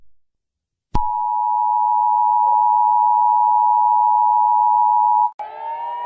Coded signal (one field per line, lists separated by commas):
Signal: Emergency Alert System (SAME) tones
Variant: 853 and 960 Hz attention tone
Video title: Rating EAS Alarms 66 (j alert chain)